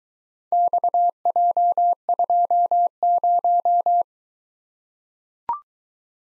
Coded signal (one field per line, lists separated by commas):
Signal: Morse code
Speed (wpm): 22 wpm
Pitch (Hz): 700 Hz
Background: none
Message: XJ20